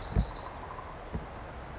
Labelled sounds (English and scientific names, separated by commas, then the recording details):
Pacific Wren (Troglodytes pacificus)
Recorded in Sonoma County, California